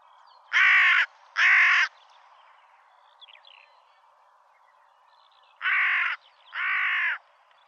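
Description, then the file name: Carrion crow cawing, two pairs of harsh, hoarse caws, the second pair coming about five seconds after the first, with faint background sounds between. "Corvus corone"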